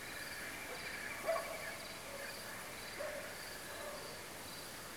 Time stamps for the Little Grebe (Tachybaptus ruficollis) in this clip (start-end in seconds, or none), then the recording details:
0.14-1.76. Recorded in France